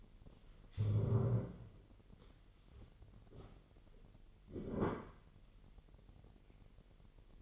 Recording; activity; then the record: daily activity, microphone in the room; stand up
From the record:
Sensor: 4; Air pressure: 999.4 hPa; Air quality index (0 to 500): 103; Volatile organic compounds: 2 ppm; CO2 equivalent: 1020 ppm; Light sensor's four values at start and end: 11/26/10/12 and 11/26/10/12